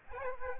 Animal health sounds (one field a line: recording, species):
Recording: mosquito wingbeat signal from an infrared sensor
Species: Aedes aegypti